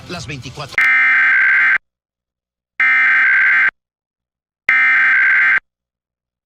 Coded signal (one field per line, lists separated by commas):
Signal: Emergency Alert System (SAME) tones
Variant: header bursts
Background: speech